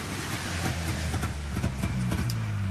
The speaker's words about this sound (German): Endlich fuhr vor dem Gefechtsstand ein Wagen vor.